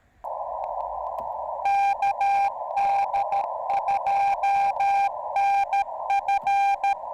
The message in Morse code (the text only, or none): KD2NF